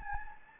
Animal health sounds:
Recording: mosquito wingbeat signal from an infrared sensor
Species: Anopheles gambiae

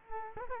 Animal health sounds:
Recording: mosquito wingbeat signal from an infrared sensor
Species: Culex quinquefasciatus

